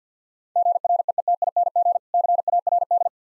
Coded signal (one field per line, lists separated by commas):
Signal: Morse code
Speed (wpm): 50 wpm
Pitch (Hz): 700 Hz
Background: none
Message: GREETING CARD